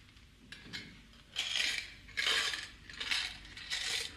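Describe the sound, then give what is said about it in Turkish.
Coins rattle inside two piggy banks full of loose change, labeled with the names Madeleine and Mariet, shaken in about five bright, jingling bursts that grow fuller toward the end, with short pauses between. No one speaks. “İçi bozuk para dolu iki kumbara.”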